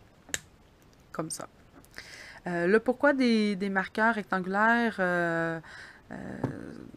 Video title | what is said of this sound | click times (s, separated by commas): Mon film La présentation des Mariabilités | il faut entendre un clic car qu'on les referme comme | 0.3 s